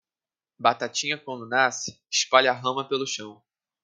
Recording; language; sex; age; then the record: short text; Brazilian Portuguese; male; 20 to 29 years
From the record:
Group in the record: control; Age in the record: 20 years